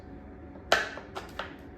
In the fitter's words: pops into place take that Allen key pull it towards you and we're good as gold